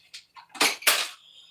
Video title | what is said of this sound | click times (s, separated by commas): Unboxing RYOBI ONE+ HP 18V Brushless 10" Sliding Compound Miter Saw Kit | click it in securely you'll hear they click very loudly | 0.9 s